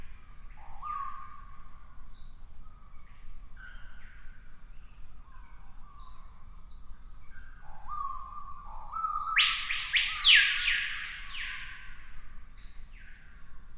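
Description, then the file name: Screaming piha calling: low, level whistled notes near steady pitch repeat every few seconds, then one loud, explosive, sweeping whistle bursts out around ten seconds; soft hiss below. "piha bird scream"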